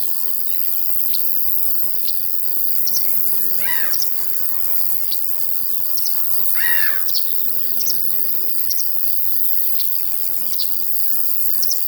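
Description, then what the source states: Crickets give a steady, very high-pitched continuous trill, while birds sing scattered short twittering phrases and two sweeping notes near four and seven seconds. In a field, with larks heard alongside the crickets.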